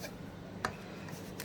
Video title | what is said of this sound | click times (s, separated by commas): How to Install Processor in Motherboard - Motherboard Assembling - Telugu Tech Updates 39 | కంప్లీట్గా ఇట్లా lock అయిపోయింది మనకు. | 0.6 s